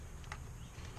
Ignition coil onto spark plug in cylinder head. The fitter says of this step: When you push down, you'll kind of feel it click on.